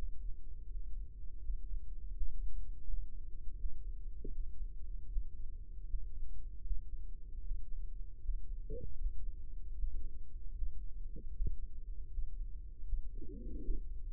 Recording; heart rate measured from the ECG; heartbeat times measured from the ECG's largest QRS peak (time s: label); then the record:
heart sounds by microphone in the right ear; 79 bpm
0.64 s: heartbeat
1.38 s: heartbeat
2.10 s: heartbeat
2.81 s: heartbeat
3.53 s: heartbeat
4.28 s: heartbeat
5.06 s: heartbeat
5.83 s: heartbeat
6.60 s: heartbeat
7.39 s: heartbeat
8.18 s: heartbeat
8.94 s: heartbeat
9.72 s: heartbeat
10.51 s: heartbeat
11.30 s: heartbeat
12.07 s: heartbeat
12.82 s: heartbeat
13.58 s: heartbeat
From the record:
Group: healthy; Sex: male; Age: 35 years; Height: 178 cm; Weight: 64 kg